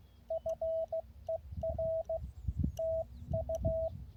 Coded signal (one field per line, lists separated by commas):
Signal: Morse code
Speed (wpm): 16 wpm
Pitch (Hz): 650 Hz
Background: radio noise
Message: FER TU